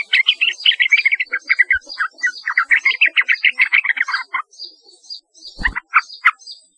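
Yellow-vented bulbul giving a long rollicking stream of bubbly, chattering notes, pausing before a few sharp chirps and a single thump.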